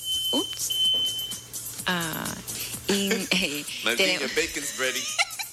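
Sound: alarm clock beeping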